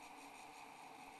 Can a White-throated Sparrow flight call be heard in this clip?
no